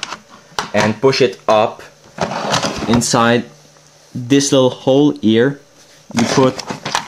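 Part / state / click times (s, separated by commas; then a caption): stock locking part into the receiver hole of an airsoft M249 / not seated / none. A small stock locking part of an A&K M249 PARA airsoft machine gun is handled and pushed up toward a little hole in the receiver while someone talks. A few short handling knocks are heard, including a sharp one near 0.6 s, but nothing has seated or clicked into place yet when the clip ends.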